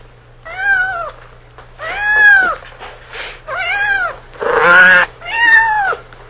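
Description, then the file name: Cat meowing in five drawn-out, arching cries about a second apart, mostly clear and tonal, one harsher and noisier, over a faint constant low hum. A cat with its kitten. "koshka s kotenkom"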